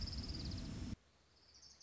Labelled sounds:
Orange-crowned Warbler
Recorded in Sonoma County, California

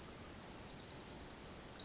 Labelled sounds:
Pacific Wren
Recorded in Sonoma County, California

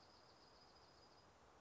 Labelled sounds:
Dark-eyed Junco
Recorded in Sonoma County, California

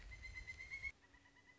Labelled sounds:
Pileated Woodpecker
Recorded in Sonoma County, California

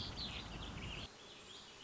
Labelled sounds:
Warbling Vireo
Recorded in Sonoma County, California

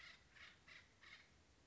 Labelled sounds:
Acorn Woodpecker
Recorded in Sonoma County, California

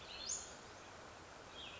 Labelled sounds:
Cassin's Vireo
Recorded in Sonoma County, California

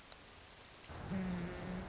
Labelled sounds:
Orange-crowned Warbler
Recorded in Sonoma County, California

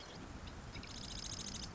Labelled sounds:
Marsh Wren
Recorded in Sonoma County, California

